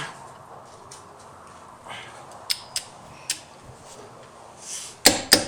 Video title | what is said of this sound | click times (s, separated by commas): 1999 JEEP WJ: Teves to Akebono Brake Swap | and torque it till it clicks | 5.1 s, 5.3 s